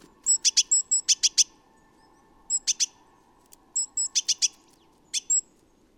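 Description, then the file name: Great tit giving quick runs of sharp, high ticking notes with thin whistles between them, in four bursts, with a steady low hum behind. "Parus major"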